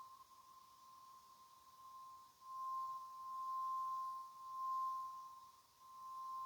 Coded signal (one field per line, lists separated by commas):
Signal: Emergency Alert System (SAME) tones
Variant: 1050 Hz attention tone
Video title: EAS #178-179 Severe Thunderstorm Warning on WXL70 and WQSM